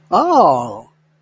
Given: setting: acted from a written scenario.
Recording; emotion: vocal sound without words; positive surprise